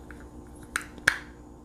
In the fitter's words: just push it down till you hear that click.